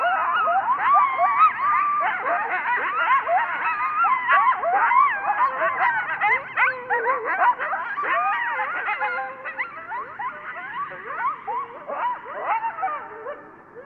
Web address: soundandlightecologyteam. coyotepostcard